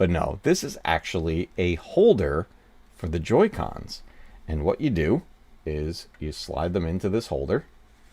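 Someone talks while handling detachable plastic Joy-Con handheld game controllers, which are about to be slid along the rail of a plastic grip holder until they latch. Only speech is heard, and the controllers have not yet seated or clicked into the grip by the end of the clip.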